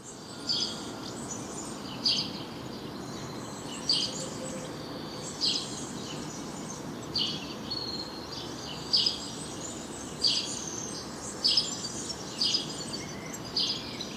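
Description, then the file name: House sparrow giving about ten single harsh chirps, spaced a second or two apart, above constant background hiss. "Passer domesticus"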